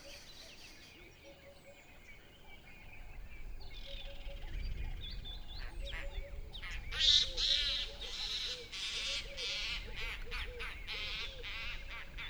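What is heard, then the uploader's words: Birds call at Mmabolela Reserve in Limpopo, South Africa, with a low rumble running underneath throughout. After about four seconds the sound grows busier, with repeated short chirps, squawks and bright chattering calls that peak near seven seconds and continue steadily to the end. Sonic Mmabolela 2018. Mmabolela Reserve, Limpopo, South Africa.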